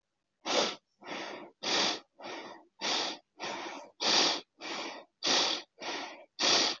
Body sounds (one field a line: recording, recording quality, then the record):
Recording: shallow breathing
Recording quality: excellent, no background noise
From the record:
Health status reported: healthy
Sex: male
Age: 27 years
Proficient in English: yes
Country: India